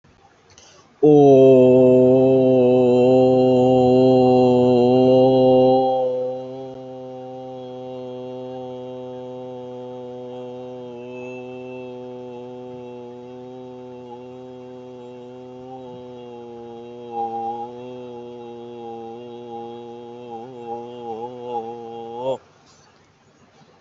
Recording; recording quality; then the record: sustained vowel as in boot; excellent, no background noise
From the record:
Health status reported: healthy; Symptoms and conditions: cold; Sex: male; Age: 22 years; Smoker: not ticked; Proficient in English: yes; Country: India